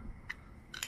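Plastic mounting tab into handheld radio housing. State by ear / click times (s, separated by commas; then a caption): seated / 0.3 s, 0.8 s. Small plastic mounting tabs are pushed down with a tool into their locators in the housing of an older Motorola handheld two-way radio during a refresh. Two sharp clicks sound at 0.3 s and 0.8 s, with a softer tick just before the second. The tabs click into place and are seated.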